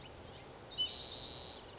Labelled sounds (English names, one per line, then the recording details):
Spotted Towhee
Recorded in Sonoma County, California